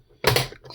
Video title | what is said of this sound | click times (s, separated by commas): MP776ST DMD replacement | Clicks into place. | 0.3 s